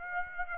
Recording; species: mosquito wingbeat signal from an infrared sensor; Aedes aegypti